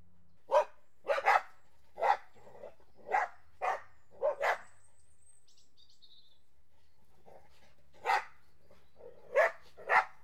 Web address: BBC Sound Effects Library Horses Dogs Border Collies And Labs Playing